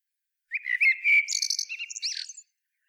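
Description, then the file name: Eurasian blackbird song phrase: low flute-like warbling held steady, with high thin twitters overlaid, ending in a sharp rising squeak. "Turdus merula"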